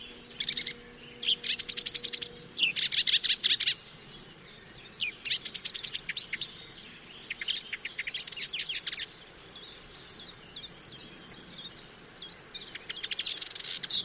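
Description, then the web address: Marsh warbler song, a dense, fast chattering run of high, varied notes in bursts, with faint low steady tones during the opening seconds. "chant didier collin rousserolle verderolle"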